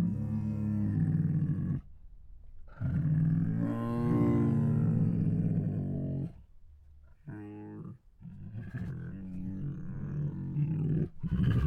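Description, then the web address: Tiger groans and moans in several deep harmonic bursts separated by brief pauses. Hungry tiger; groans, huffs and moans. "Sound Ideas Tigers"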